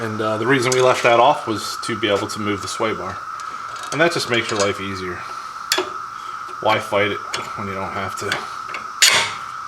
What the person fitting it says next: that pops right in.